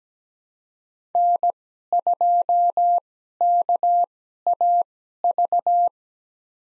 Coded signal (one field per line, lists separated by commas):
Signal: Morse code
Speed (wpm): 17 wpm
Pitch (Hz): 700 Hz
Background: none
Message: N2KAV